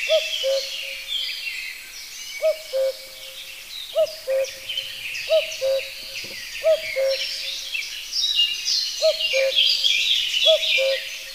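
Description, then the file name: Common cuckoo giving its two-note cu-coo call, a higher note dropping to a lower one, repeated several times over a busy chorus of other songbirds. "coucou gris"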